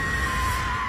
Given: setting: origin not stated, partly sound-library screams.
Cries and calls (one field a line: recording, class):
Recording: one-second piece from a danger detection set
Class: woman in danger